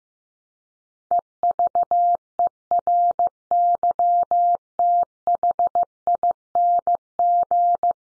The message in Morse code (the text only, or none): EVERYTHING